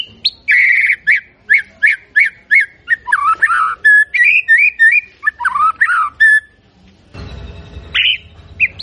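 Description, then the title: White-rumped shama: bird song of loud, evenly spaced rich whistled notes, then varied slurred phrases, a short pause and a harsh noisy burst with one more whistle. Lure recording of an actively singing shama, intended to provoke a response from other birds. "PANCINGAN MURAI BATU GACOR"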